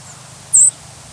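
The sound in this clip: White-throated sparrow call: one thin, very high seet note lasting a fraction of a second, with a faint low hum underneath.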